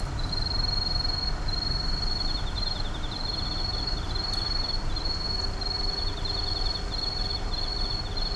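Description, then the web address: Insects chirping in short repeated bursts about a second long, with a softer run of rapid ticks alongside, above a heavy low rumble. Numerous insects calling at night in an urban park. "boom library Urban and Suburban Urban park night insects numerous"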